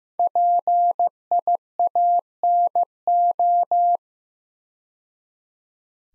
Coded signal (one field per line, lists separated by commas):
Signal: Morse code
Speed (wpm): 15 wpm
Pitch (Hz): 700 Hz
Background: none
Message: PIANO